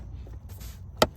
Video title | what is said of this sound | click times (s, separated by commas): Replacing this will make your engine last 5X longer!!!! (PCV Valve) | just snap right into place like that. | 1.0 s